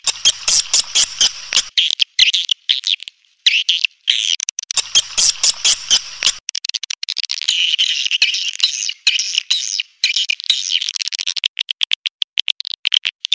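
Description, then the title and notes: Swiftlet calls: high buzzy twitters and rapid clicking in clustered bursts, then a steadier chattering stretch with brief pauses near the end. Swiftlet calls used as a lure sound in swiftlet bird farming, Asia. "Swiflet Bird Sound. Farming Swiflet Bird asia sound"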